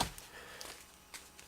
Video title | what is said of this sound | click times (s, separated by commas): H Plate Mount | and just put it on until it snaps in | 0.0 s